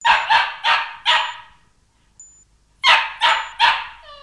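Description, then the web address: Dog barking: four loud sharp barks in quick succession, a pause, then three more barks, with a faint high whine at the end. "Hund"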